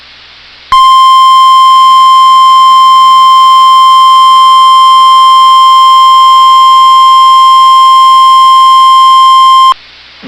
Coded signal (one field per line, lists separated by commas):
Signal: Emergency Alert System (SAME) tones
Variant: 1050 Hz attention tone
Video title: [EAS Compilation] Severe Thunderstorm Warnings With 80 mph Wind Gusts on NOAA Weather Radio WXM99